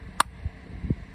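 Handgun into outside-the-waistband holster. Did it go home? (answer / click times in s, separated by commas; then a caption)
yes / 0.2 s. A handgun is pushed into a rigid outside-the-waistband holster, likely Kydex, and the holster retention gives a sharp, bright click at 0.2 s as the gun seats. A softer, low thump follows around 0.9 s. The click signals that the gun is locked in place.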